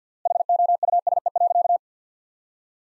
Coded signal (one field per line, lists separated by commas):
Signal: Morse code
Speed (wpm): 50 wpm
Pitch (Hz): 700 Hz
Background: none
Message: HOUSE.